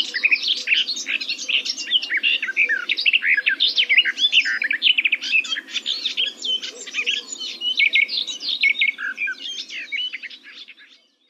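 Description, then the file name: Garden warbler song: a long, fast, continuous warble of rich mellow notes running unbroken for about ten seconds, with a faint low hum beneath. "GAJÓWKA"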